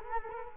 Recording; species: mosquito wingbeat signal from an infrared sensor; Culex quinquefasciatus